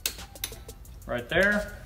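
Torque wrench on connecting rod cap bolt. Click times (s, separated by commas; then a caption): 0.1 s. A torque wrench tightens a connecting rod cap bolt on a Supra engine in one sweeping motion and gives a sharp click at 0.1 s as it reaches its torque setting, followed by lighter ticks around 0.4 s. Someone talks briefly near the end.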